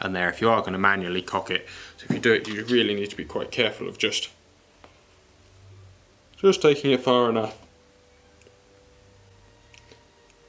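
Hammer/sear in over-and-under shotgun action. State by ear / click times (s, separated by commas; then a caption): not seated / none. Someone talks while cocking the hammer/sear inside the action of a Browning 525 over-and-under shotgun by hand, without a vise, working against an oversized spring. Between stretches of talk there are only a few faint, soft ticks of handling. The hammer/sear has not yet clicked into place.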